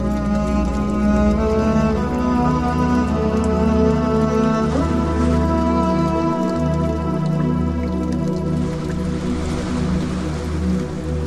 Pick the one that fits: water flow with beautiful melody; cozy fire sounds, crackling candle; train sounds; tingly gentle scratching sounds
water flow with beautiful melody